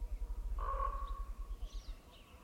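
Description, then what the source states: Common Raven giving a single hollow, tonal call lasting under a second, with low rumbling background noise and faint high bird notes afterward. Pair of ravens conversing at dawn by a tucked-away lake in a secluded valley, wildlife refuge, Northeast Washington, mid-May 2021; croaks, awks, uh-ohs and ooks.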